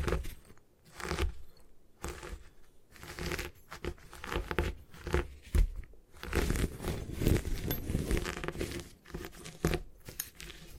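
Gym chalk is crushed and broken apart in dense, gritty crunching bursts that come in irregular waves. Brief pauses fall near one, three and six seconds, and the later part is thicker and more continuous, with crumbly crackling running from low thuds up to bright hiss.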